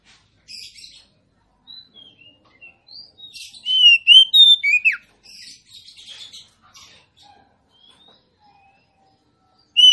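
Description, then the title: Oriental magpie-robin singing scattered thin whistles and chatter, building to a loud burst of slurred whistles and a steep downward note, then soft sparse notes. Female song used to provoke a silent male into singing; intended to make males sing persistently and aggressively. "Suara kacer betinamemancing kacer jantan yg macet bunyi"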